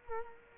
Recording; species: mosquito wingbeat signal from an infrared sensor; Culex quinquefasciatus